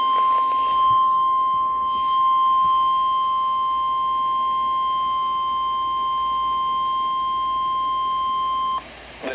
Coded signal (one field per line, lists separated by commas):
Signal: Emergency Alert System (SAME) tones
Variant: 1050 Hz attention tone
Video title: EAS #22 8/9/25 - Special Marine Warning w/ Ginger